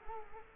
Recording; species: mosquito wingbeat signal from an infrared sensor; Culex quinquefasciatus